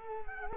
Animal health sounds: mosquito wingbeat signal from an infrared sensor; Culex quinquefasciatus

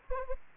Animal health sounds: mosquito wingbeat signal from an infrared sensor; Anopheles gambiae

